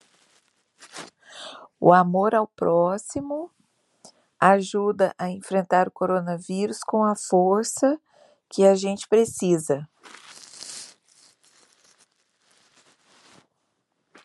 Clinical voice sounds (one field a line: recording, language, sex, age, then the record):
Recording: spoken sentence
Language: Brazilian Portuguese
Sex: male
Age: 50 to 59 years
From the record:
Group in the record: control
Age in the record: 50 years